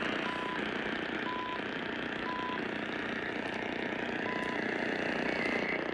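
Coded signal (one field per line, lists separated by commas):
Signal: radio time signal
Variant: CHU Canada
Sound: brief 1 kHz beeps roughly once a second, some missing, under loud static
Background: radio static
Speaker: this is uh chu canada the same thing time cap time atomic clock but it's not wwv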